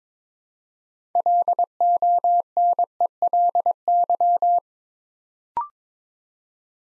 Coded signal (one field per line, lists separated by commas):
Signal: Morse code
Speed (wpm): 23 wpm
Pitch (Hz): 700 Hz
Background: none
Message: LONELY